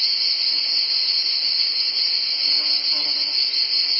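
Cicada buzzing, a constant high shrill tone with a lower humming band, plus faint soft low sounds partway through.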